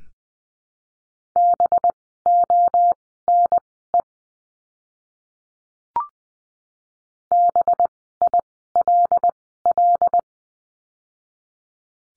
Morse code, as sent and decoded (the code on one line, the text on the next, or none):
-... --- -. . / -... .. .-.. .-..
BONE BILL